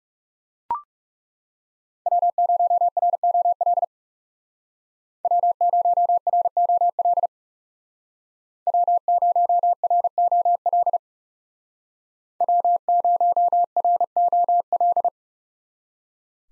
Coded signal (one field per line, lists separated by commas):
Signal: Morse code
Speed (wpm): 36 wpm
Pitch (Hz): 700 Hz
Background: none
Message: W0ROL W0ROL W0ROL W0ROL